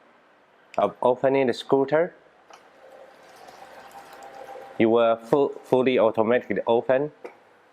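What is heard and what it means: Someone talks while the button is held and a JBH-FDB01 remote control folding mobility scooter opens automatically, with a low whirring hum and light rattling between the speech. The folding frame lock has not clicked or seated yet.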